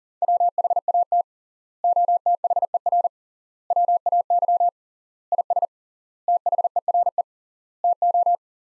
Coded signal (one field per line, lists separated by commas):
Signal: Morse code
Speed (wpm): 37 wpm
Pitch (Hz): 700 Hz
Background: none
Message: WHAT OTHER WAY IS THERE TO